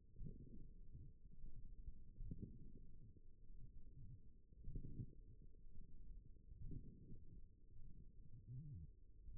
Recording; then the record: forearm muscle sounds (acoustic myography)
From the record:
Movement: forearm supination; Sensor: system 1, eight BSWA MPA416 microphones around the upper forearm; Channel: 4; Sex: female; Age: 21 years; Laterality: right